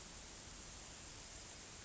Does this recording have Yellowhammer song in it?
no